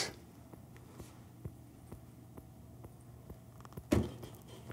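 Rapid heartbeat of an excited adult, picked up by a microphone resting right on the chest, with thumps steadily audible throughout.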